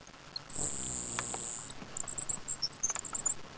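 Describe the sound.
Grasshopper sparrow giving a thin, very high insect-like buzz lasting about a second, followed by a scatter of short, high ticking notes.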